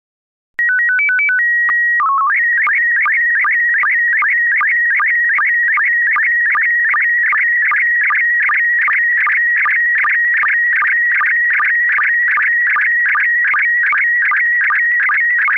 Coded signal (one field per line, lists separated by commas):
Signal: SSTV (slow-scan television)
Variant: PD 50